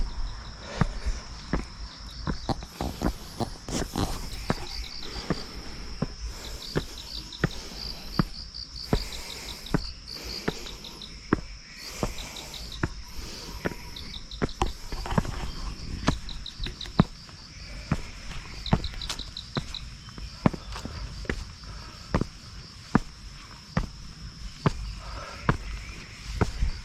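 A morning walk through mountain woodland, footsteps crunching at a steady pace over a constant high insect drone and scattered bird chirps.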